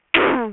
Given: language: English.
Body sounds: throat vibration sensor signal played as sound; throat clearing

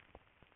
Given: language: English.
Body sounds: throat vibration sensor signal played as sound; swallow

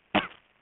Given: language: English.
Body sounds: throat vibration sensor signal played as sound; cough

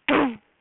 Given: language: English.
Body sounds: throat vibration sensor signal played as sound; throat clearing

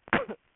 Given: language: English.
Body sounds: throat vibration sensor signal played as sound; cough

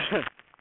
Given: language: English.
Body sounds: throat vibration sensor signal played as sound; cough

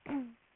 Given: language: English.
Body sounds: throat vibration sensor signal played as sound; throat clearing

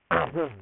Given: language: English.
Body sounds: throat vibration sensor signal played as sound; throat clearing

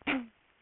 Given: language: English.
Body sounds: throat vibration sensor signal played as sound; throat clearing

